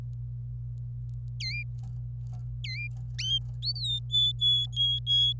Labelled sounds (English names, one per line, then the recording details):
Domestic Canary song
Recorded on 26 April 2018 at 07:36
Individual llb3